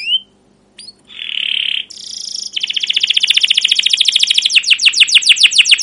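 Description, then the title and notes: Atlantic canary song: a short whistled note and a steady buzzy tone, then a fast rolling trill of rapid repeated chirps that slows toward the end. Canary song in the 'cuit cuit' and 'ngerol' rolling style, long and energetic; used as a lure and master for young canaries learning sounds. "CUIT CUIT NGEROL LANGSUNG GACOR PANJANG Kenari Ini AMPUH Utk Pancingan KENAR. PANCINGAN Kenari GACOR PANJANG Cuit CUIT EMOSI ini AMPUH utk MASTERAN Kenari PAUD belajar BUNYI. burung kenari"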